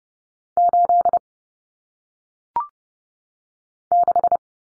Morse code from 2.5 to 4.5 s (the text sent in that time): 6